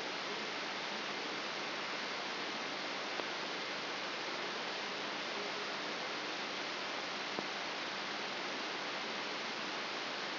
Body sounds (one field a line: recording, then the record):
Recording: brain microelectrode recording played as sound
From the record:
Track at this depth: inside the subthalamic nucleus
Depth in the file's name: 2.904 mm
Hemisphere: left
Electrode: 3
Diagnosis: Parkinson's disease